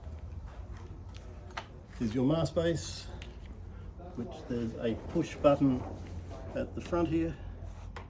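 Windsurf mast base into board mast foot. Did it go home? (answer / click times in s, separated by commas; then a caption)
no / none. A windsurf mast base with a push-button release at the front is handled near the board's mast foot while rigging a Duotone Super Hero sail, as someone talks. A few faint taps and handling noises are heard. Nothing has seated or clicked yet; the clip ends before the mast base locks into the mast foot.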